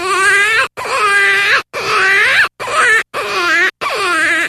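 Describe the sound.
Jackrabbit distress cries: six harsh, wavering screams with rising and falling pitch, each under a second long, broken by short gaps.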